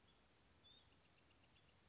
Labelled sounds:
Bewick's Wren (Thryomanes bewickii)
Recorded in Sonoma County, California

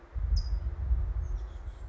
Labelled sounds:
California Towhee (Melozone crissalis)
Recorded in Sonoma County, California

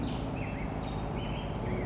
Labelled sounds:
Black-headed Grosbeak (Pheucticus melanocephalus)
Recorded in Sonoma County, California

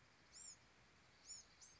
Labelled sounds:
Bewick's Wren (Thryomanes bewickii)
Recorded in Sonoma County, California

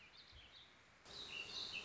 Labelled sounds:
Warbling Vireo (Vireo gilvus)
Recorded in Sonoma County, California

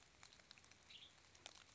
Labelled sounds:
Western Tanager (Piranga ludoviciana)
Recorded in Sonoma County, California

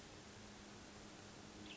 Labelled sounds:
Western Tanager (Piranga ludoviciana)
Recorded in Sonoma County, California

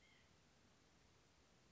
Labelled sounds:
White-breasted Nuthatch (Sitta carolinensis)
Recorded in Sonoma County, California

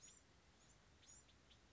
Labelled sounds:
Bewick's Wren (Thryomanes bewickii)
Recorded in Sonoma County, California

